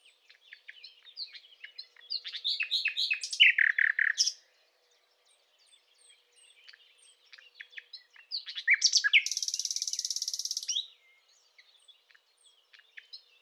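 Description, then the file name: Common nightingale song in two loud phrases: a series of fast repeated notes, then after a pause a long dense buzzing trill. "Luscinia megarhynchos"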